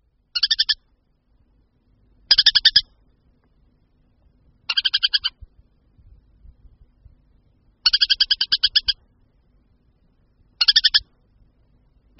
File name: Moták-lužní